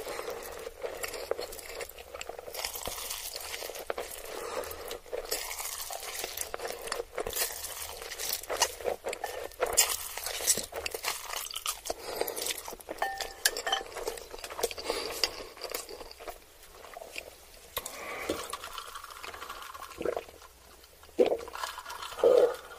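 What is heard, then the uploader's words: Someone eats ramen noodles and chicken nuggets, with a steady run of small wet clicks, smacks and crunchy bites packed closely together throughout. The sounds are bright and crackly with little low end. Near the end, around twenty seconds in, a few louder, sharper bites stand out. Eating ramen noodles and chicken nuggets.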